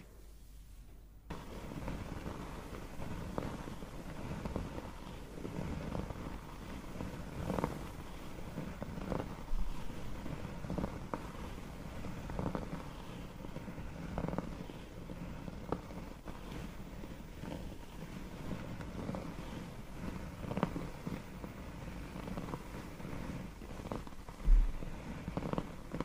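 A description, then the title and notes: Scalp massage sounds begin after a brief near-silence, then a dense, steady low rustling with frequent soft rubbing strokes continues throughout. ASMR Massaging your Scalp - Layered Sounds & Personal Attention.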